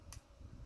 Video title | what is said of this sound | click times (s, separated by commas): titanic hachette agora models issue 32 part 1 engine details and two pumps | you just heard it click into place | 0.1 s